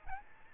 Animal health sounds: mosquito wingbeat signal from an infrared sensor; Aedes albopictus

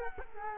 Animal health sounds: mosquito wingbeat signal from an infrared sensor; Culex quinquefasciatus

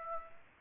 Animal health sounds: mosquito wingbeat signal from an infrared sensor; Aedes aegypti

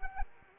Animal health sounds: mosquito wingbeat signal from an infrared sensor; Anopheles arabiensis

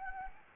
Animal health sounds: mosquito wingbeat signal from an infrared sensor; Anopheles gambiae

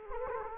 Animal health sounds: mosquito wingbeat signal from an infrared sensor; Anopheles gambiae

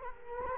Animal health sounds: mosquito wingbeat signal from an infrared sensor; Culex quinquefasciatus

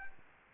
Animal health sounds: mosquito wingbeat signal from an infrared sensor; Anopheles gambiae

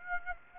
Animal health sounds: mosquito wingbeat signal from an infrared sensor; Aedes aegypti

